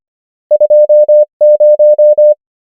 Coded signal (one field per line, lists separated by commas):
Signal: Morse code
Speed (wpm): 25 wpm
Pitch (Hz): 600 Hz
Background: none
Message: 2 0